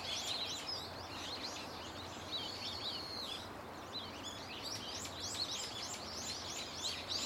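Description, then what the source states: Birds singing together, rapid high chirps overlapping continuously, with one longer drawn-out whistle in the early part, over a low hum. Loud, nonstop chirping and singing of many birds in a tetrapod breakwater belt and its trees; recorded with microphone and camera.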